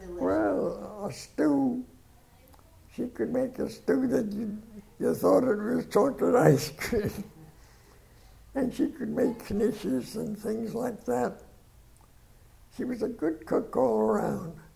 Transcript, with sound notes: Well, a stew. She could make a stew that you thought was chocolate ice cream. (laughs) And she could make knishes and things like that. She was a good cook all around,